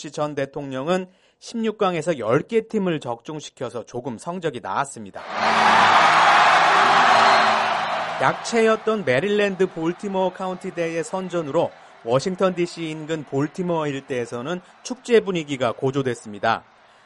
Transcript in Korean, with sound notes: 부시 전 대통령은 16강에서 10개 팀을 적중시켜, 조금 성적이 나았습니다. [녹취: 농구장 관중 함성] ‘약체’였던 메릴랜드-볼티모어카운티대 의 선전으로 워싱턴 DC 인근 볼티모어 일대에서는 축제 분위기가 고조됐습니다.